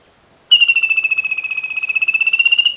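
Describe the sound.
Bird gives a single high, even trill, a fast pulsing note on one pitch lasting over two seconds.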